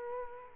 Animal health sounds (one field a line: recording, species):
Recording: mosquito wingbeat signal from an infrared sensor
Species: Culex quinquefasciatus